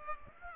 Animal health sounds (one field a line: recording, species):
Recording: mosquito wingbeat signal from an infrared sensor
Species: Aedes aegypti